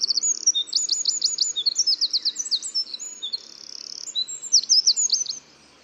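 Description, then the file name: Eurasian wren singing a vigorous high-pitched phrase of chattering notes and rapid trills for around five seconds, with faint low background hiss. "Troglodytes troglodytes"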